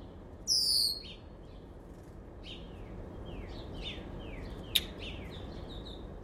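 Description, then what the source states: Red-winged Blackbird giving one loud, high, descending whistle early on, followed by a run of faint downslurred chips and a sharp click, over a constant hiss. Recorded at Carden Alvar in August 2026.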